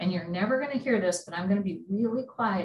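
Bobbin thread is guided from the bobbin around the "finger" of the bobbin case toward the case's tension slot while someone talks throughout. The thread has not clicked into the slot yet, and nothing has seated.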